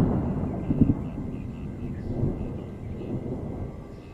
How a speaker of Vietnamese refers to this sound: Đúng lúc đó thì trời nổ sấm khan, tiếng sấm vang vọng báo hiệu sắp sửa có một cơn mưa lớn.